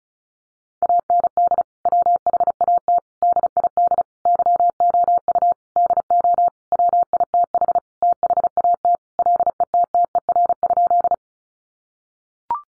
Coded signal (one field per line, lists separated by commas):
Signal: Morse code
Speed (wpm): 34 wpm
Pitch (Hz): 700 Hz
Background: none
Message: AND WHAT DID YOU DO WITH THAT LETTER?